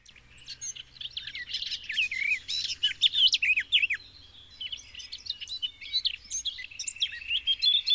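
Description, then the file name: Eurasian blackcap song: fast, varied warbling of scratchy chirps and clear fluty notes, continuous over eight seconds with a brief lull near the fourth second. "Sylvia atricapilla"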